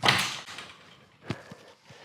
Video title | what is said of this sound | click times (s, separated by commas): How to Open Garage Door Manually | you should hear a click when it locks back in place | 0.1 s